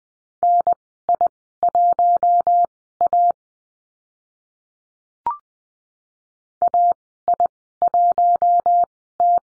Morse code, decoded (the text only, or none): NI1A AI1T